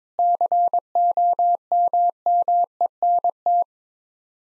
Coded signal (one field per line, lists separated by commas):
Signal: Morse code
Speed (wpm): 22 wpm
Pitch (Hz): 700 Hz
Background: none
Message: COMMENT